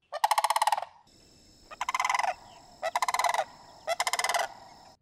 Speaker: Want to listen to a sound that I love hearing, the sound of the migrating sandhill crane.